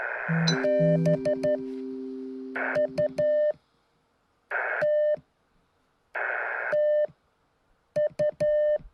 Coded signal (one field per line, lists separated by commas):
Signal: Morse code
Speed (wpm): 10 wpm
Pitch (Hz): 600 Hz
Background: none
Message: BUT TU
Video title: K-8010 CW Morse Code